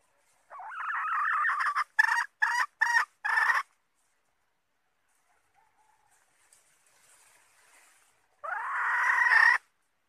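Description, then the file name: Red junglefowl hen gives a long harsh call and four short clucks, falls silent for several seconds, then gives another rising drawn-out call. Female red junglefowl (hen) calling to find a mate. "tieng ga rung mai keu tim kiem ban tinh"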